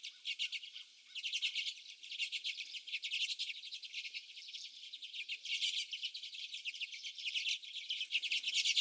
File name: Common Redpolls